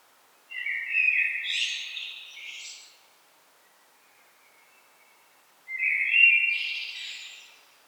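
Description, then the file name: Common blackbird song: two warbled phrases, low fluty notes sliding into a squeaky high flourish, separated by a few seconds of quiet. "Turdus merula"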